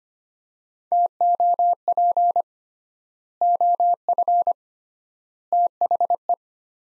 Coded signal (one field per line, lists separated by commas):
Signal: Morse code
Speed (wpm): 25 wpm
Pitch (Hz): 700 Hz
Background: none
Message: TOP OF THE